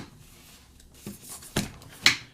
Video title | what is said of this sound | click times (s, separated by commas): (Episode 2357) Amazon Prime Unboxing: MooSoo 2 in 1 Cordless Stick Vacuum @amazon | you hear it snap. Got that locked in. | 2.1 s